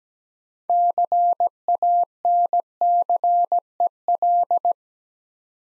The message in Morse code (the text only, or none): CANCEL